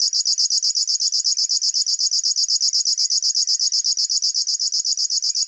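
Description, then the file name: River warbler delivering a steady, rapid, metallic buzzing song of evenly spaced pulses throughout, with faint, thin bird calls behind it. "Schlagschwirl - Locustella fluviatilis"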